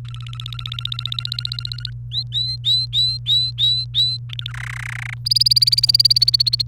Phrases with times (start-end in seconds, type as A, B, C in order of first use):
0.05-1.90 A, 2.12-4.17 B, 4.29-4.53 A, 4.54-5.14 C, 5.25-6.62 D